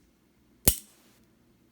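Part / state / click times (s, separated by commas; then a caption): set trigger releasing the sear in a muzzleloader trigger assembly / released / 0.7 s. The second trigger of a double set-trigger assembly, removed from a .50 cal Traditions Hawken muzzleloader rifle and already locked by the first trigger, is pulled with a light touch. A single sharp, bright metallic click sounds at 0.7 s and fades quickly. The sear releases and the hammer side fires.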